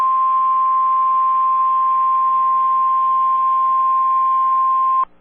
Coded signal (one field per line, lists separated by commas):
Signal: Emergency Alert System (SAME) tones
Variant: 1050 Hz attention tone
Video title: A plethora in the plains EAS compilation part 2, EAS alerts 94-100!!!